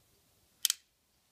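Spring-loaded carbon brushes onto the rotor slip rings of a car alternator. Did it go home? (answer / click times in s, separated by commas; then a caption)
yes / 0.6 s, 0.7 s. On a rebuilt 2002 Ranger car alternator, the retaining pin holding back the spring-loaded carbon brushes is pulled out, and the brushes snap forward onto the rotor slip rings. Two sharp, bright clicks sound in quick succession at about 0.7 s, then quiet. Both brushes have seated on the slip rings.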